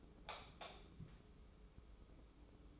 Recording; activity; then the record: daily activity, microphone in the room; light off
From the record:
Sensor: 1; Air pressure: 995.3 hPa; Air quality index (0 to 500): 24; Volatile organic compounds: 0 ppm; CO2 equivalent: 499 ppm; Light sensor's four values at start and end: 14/41/15/17 and 10/26/10/11